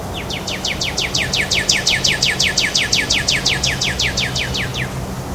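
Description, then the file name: Northern cardinal singing a long rapid trill of sharp descending slurred whistles, with faint low background hum. Song recorded at Greynolds Park, Miami, USA, on 17 April 2014. "Cardinalis-cardinalis-song-Greynolds PK-MIA-US-17-4-14-ASilveira"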